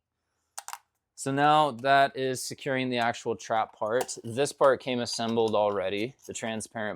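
A retaining peg is pushed into a slot on the other side of a wooden carpenter bee trap and seats with a sharp click at 0.6 s, followed by two fainter clicks. The peg is secured and locks the trap part in place. Someone then talks.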